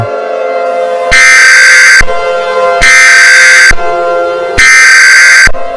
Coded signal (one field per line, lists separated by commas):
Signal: Emergency Alert System (SAME) tones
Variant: header bursts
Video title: EAS Scenario: Greek-Roman Godly War